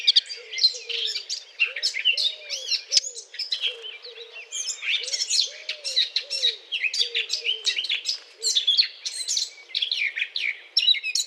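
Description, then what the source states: Eurasian blackcap song, continuous fast chattering warble of varied high notes, with a dove's soft low cooing running underneath. Courtship song; 20 April 2009.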